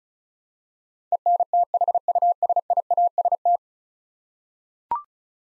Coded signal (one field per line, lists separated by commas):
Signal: Morse code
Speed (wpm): 36 wpm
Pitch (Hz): 700 Hz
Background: none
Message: ENTHUSIAST